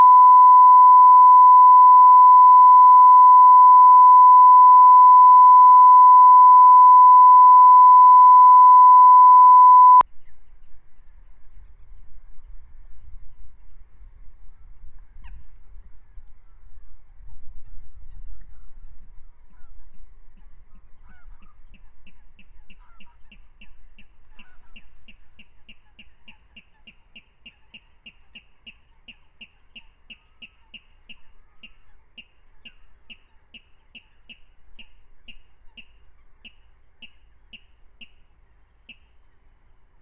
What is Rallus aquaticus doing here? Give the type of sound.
song